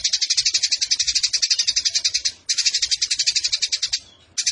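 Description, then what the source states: Eurasian tree sparrow song: quick series of bright, high chirps in two bursts, then a short pause and a fresh start. Fighting-style 'tarung nembak panjang' song with long shooting phrases and a clear voice, used as tutor song (masteran) for competition birds.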